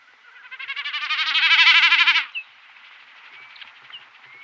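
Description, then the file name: Common snipe drumming: a throbbing, bleating hum of rapid pulses that swells in loudness for about two seconds, then stops abruptly, followed by faint thin calls. "Bekassine"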